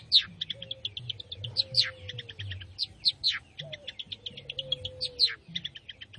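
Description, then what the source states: Long-tailed shrike song of dense, scratchy high chatter with sharp accented notes. A lower, gently falling whistle repeats softly beneath it. Singing lively, described as gacor.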